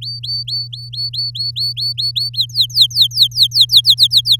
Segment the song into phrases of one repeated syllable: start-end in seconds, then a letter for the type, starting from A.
0.01-2.29 A, 2.33-4.36 B